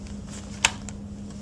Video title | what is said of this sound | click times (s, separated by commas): Nôi em bé Graco Roman GC-9E38RMN | so I can rotate 180° and now I'm going to push down to lock it in place and you'll hear a snap | 0.7 s